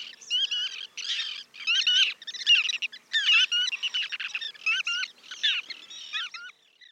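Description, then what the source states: Bar-tailed Godwit calls, repeated bursts of sharp, inflected notes in short clustered phrases with brief gaps. Name godwit probably imitates the call; also said to come from good white; historically a delicacy in England; feeds probing mud in estuaries and shorelines.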